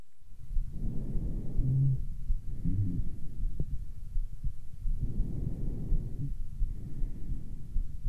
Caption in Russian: Вариант сухих басовых хрипов.